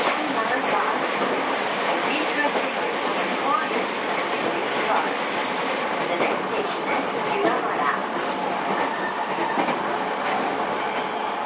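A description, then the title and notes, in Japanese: A JR East 231 series train running between Ito and Yokohama gives a steady, dense rumble and hiss that barely changes in level for the whole stretch. Murmured voices surface faintly underneath, with a few brief squeaks and clicks scattered throughout. JRE231系 伊東〜横浜。区間は伊東線→東海道線です。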